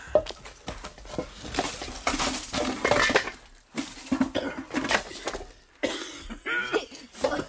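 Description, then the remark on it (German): Repeated harsh coughing fits from dust while rubble is cleared, mixed with clattering and clinking as debris is shifted, in bursts over several seconds with brief pauses between. “Sie haben schon besser gehustet. Der Staub.”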